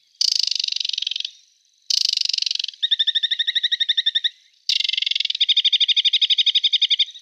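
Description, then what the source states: Aquatic Warbler song: harsh buzzy chatters, the second and third each followed by a fast, even trill of pure notes, in three phrases with short pauses between them. Declared extinct in Germany last year; a cause for concern and very rare in Germany for many years.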